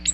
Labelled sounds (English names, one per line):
Ovenbird flight call